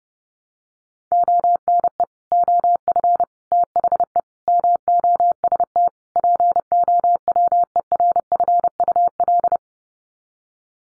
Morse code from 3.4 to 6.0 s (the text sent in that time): THE MOST